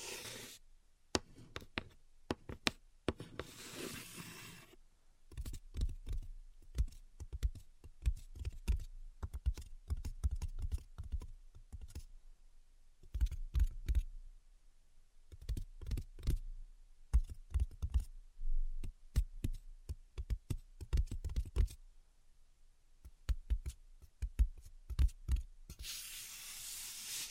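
Quick, irregular tapping and scratching in dense clusters, pausing briefly around 13 seconds, with soft hissy rubbing at the start and end.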